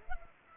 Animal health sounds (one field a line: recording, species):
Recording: mosquito wingbeat signal from an infrared sensor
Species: Culex pipiens